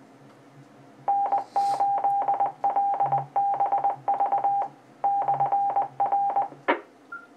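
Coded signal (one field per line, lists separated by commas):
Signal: Morse code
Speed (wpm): 20 wpm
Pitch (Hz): 800 Hz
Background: none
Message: N8LBV/R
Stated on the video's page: 70 cm UHF reception on a Comet GP-15 vertical, preamp off.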